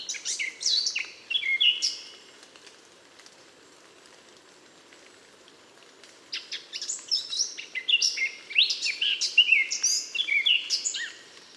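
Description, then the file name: Eurasian blackcap song: a short burst of chattering notes, several seconds of quiet, then a longer, busier warble of scratchy and fluty notes mixed together. "Sylvia atricapilla"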